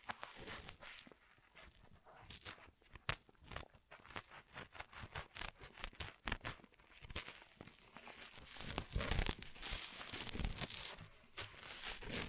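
Ear massage triggers: a dense run of crinkling, rustling contact sounds with frequent sharp crackles and brushes, irregular but near-constant. The first half is sparser with short bursts; from about eight seconds the rubbing grows louder and fuller, with bright crisp crackles on top.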